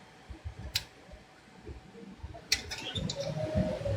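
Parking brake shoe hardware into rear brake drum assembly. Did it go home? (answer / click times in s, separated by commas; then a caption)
no / none. Parking brake shoe and spring hardware on a 2006 BMW 325xi is pushed into the rear brake drum assembly, with brief sharp ticks near 0.8, 2.5 and 3.1 seconds over a faint steady hum and low rustling. Nothing has seated or snapped into place yet.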